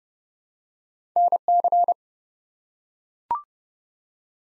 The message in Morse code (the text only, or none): NC